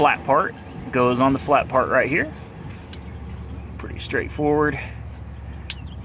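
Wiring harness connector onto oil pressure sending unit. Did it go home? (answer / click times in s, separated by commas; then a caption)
yes / 5.7 s. A plastic wiring harness connector is pushed onto the new oil pressure sending unit on the engine of a 1997 Ford F250 while someone talks. A sharp snap is heard at 5.7 seconds as the connector seats on the sensor.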